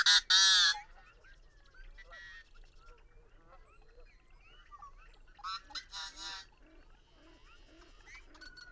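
Birds giving calls: a loud, harsh, nasal call opens, then quieter scattered honks and squeaks, with another strident burst near the six-second mark.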